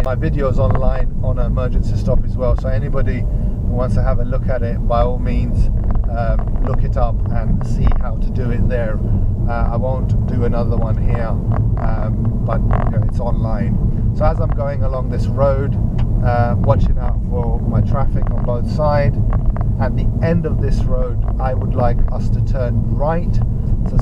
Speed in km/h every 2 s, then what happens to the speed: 29, 29, 32, 34, 37, 37, 35, 34, 35, 34, 35, 35.
0-8 speeds up to 37. 8-24 steady at about 35.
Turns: none.